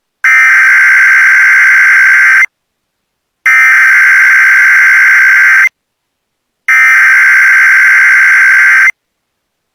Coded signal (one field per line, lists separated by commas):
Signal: Emergency Alert System (SAME) tones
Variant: header bursts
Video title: EAS Child Abduction Emergency (AMBER Alert) San Antonio, Texas Statewide NOAA Weather Radio